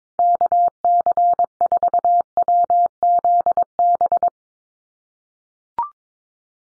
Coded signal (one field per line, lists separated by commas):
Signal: Morse code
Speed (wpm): 22 wpm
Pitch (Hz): 700 Hz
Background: none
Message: KC4WZB